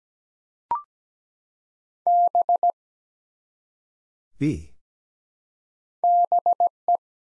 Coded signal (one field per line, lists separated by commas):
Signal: Morse code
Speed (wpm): 17 wpm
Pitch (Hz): 700 Hz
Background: none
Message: B BE